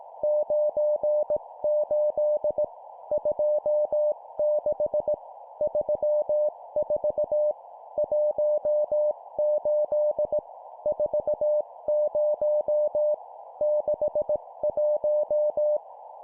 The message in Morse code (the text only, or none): 98 26 34 18 40 61